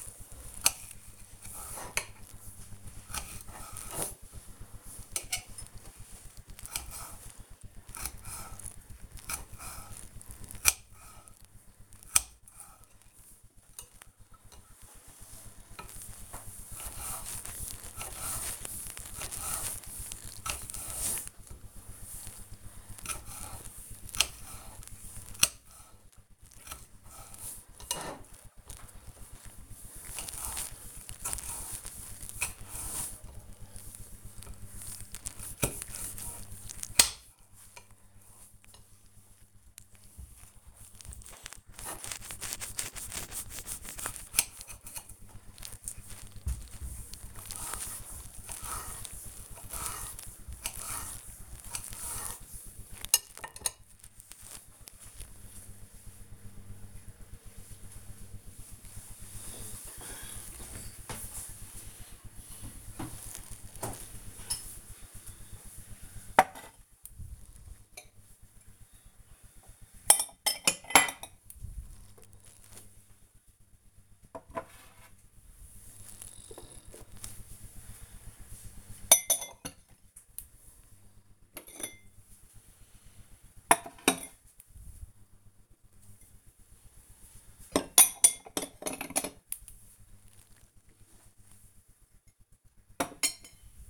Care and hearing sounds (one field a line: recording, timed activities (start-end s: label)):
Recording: household activities, microphone on the right wrist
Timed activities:
0.00-53.39 s: cutting vegetables
59.44-93.90 s: putting away the dishes